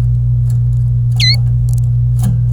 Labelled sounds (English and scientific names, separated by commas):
Domestic Canary (Serinus canaria) song